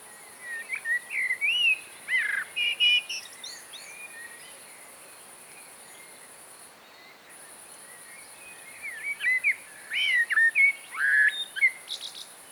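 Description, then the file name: Eurasian blackbird singing two separate phrases several seconds apart, each a run of mellow fluted notes ending in thin high twittering, with quiet background hiss between them. "Turdus merula"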